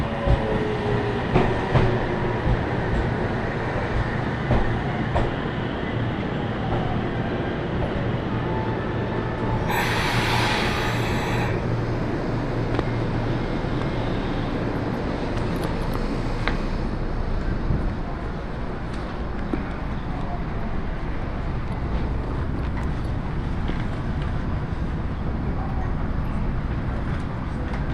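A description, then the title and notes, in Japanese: A train ride on the Iida Line from Tatsuno to Inashi: a steady, dense rolling rumble with a low drone underneath and scattered clicks from the rails. Around ten seconds a bright hiss of air bursts out for about a second, then the even rumble carries on. 鉄道旅 飯田線 辰野→伊那市。やってきたのは313系の2両編成。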